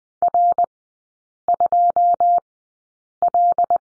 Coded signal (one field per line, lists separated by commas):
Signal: Morse code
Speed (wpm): 20 wpm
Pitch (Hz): 700 Hz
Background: none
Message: R2L